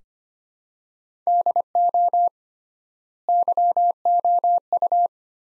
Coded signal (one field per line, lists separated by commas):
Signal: Morse code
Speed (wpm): 25 wpm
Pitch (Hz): 700 Hz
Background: none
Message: DO YOU